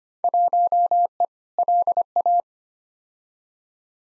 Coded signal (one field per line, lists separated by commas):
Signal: Morse code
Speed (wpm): 25 wpm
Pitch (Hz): 700 Hz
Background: none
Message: 1E LA